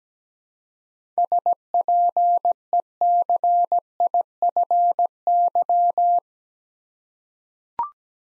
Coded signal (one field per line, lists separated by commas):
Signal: Morse code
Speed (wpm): 17 wpm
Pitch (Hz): 700 Hz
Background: none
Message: SPECIFY